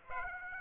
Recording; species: mosquito wingbeat signal from an infrared sensor; Aedes aegypti